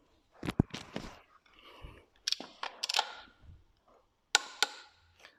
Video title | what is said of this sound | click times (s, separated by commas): Installing The Saab Auxiliary Parts | And that's the click we want to hear when you torque them up. | 4.3 s